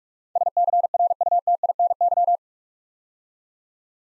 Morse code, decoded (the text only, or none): SCRUTINY